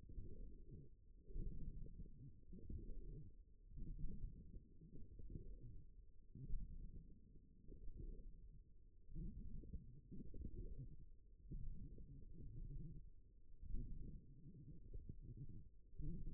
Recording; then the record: forearm muscle sounds (acoustic myography)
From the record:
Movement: forearm pronation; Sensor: system 1, eight BSWA MPA416 microphones around the upper forearm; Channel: 1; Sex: female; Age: 21 years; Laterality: right